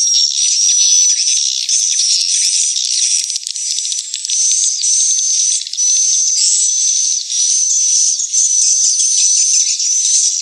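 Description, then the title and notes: Swiftlets filling the air with continuous high chirping and buzzy twitters, steady in loudness throughout, a fine whistled line threading the chorus. Swiftlet house lure sound, Tien Giang, Vietnam. "Am thanh nha yen Akau Vietnam - Tien giang. Những âm thanh chim yến thuộc thương hiệu AKAU"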